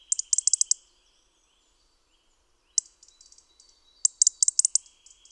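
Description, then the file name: European robin chirping in quick bursts of high, sharp notes, several clusters separated by pauses, with thin sustained whistles lower down. "Erithacus rubecula"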